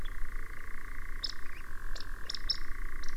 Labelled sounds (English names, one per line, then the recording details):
Eurasian Woodcock
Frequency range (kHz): Eurasian Woodcock 2.3-10.6 kHz
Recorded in France